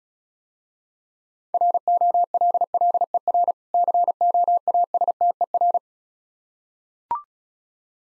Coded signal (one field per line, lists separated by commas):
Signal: Morse code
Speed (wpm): 37 wpm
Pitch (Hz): 700 Hz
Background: none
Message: ROLLER COASTER